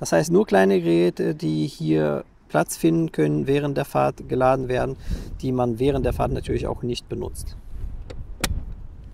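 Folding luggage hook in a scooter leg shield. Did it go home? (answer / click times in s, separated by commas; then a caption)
yes / 8.4 s. Someone talks, and then the fold-out luggage hook on the plastic leg shield of a SYM Jet 14 125cc scooter is moved and snaps into its detent. There is a faint tick at 8.1 s and a sharp click at 8.4 s as the hook seats in place.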